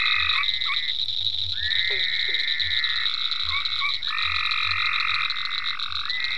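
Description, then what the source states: Frogs trilling in overlapping bursts with a few quick downward chirps, deep pulsing croaks below and a steady high whine throughout. Frogs in ponds at Venaura farm, recorded 27 May 2010.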